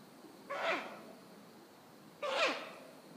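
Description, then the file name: Ural owl screeches, two hoarse breathy rasping bursts under two seconds apart, with steady background hiss. Recorded 27 September 2009 at 03:53; call described as ugya. "fukurou(ugya) 20090927-0353"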